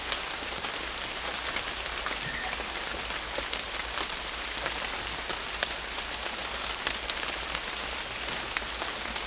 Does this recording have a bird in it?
no